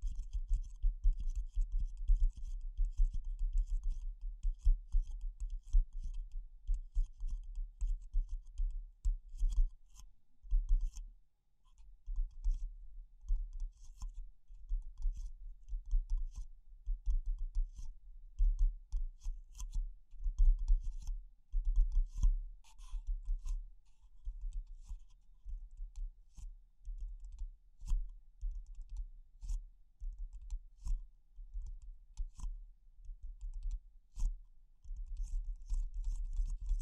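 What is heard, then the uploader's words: Tapping runs throughout, a dense stream of short dull knocks with a steady low thud underneath. The pace shifts between quicker bursts and slower stretches, with a brief near-silent pause around eleven seconds. Faint clicky ticks sit above the taps. ASMR Pure Tapping Fast and Slow (No Talking).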